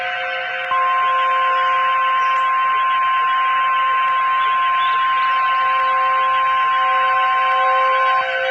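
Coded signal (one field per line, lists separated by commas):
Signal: Emergency Alert System (SAME) tones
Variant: 1050 Hz attention tone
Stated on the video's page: Fictional EAS scenario about a fire meteor, made as a Christmas special.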